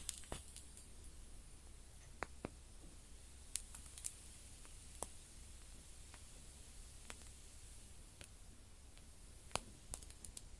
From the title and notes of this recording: ASMR Close Up Matching LightingExtinguishing Fire Crackles & Sizzles (No Talking).